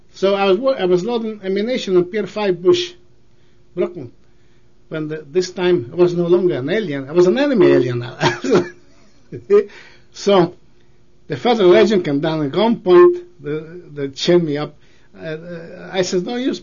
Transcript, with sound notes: So, I wo—I was loading ammunition on Pier Five Bush, Brooklyn. When -- this time I was no longer an alien. I was an enemy alien, now. (Laughter) So the federal agent, come down at gunpoint that show me up. I says, "Don't use!